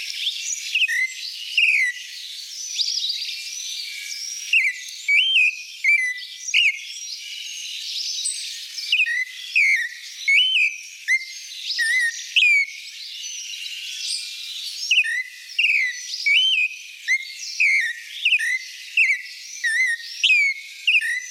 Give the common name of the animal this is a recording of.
Clay-colored Thrush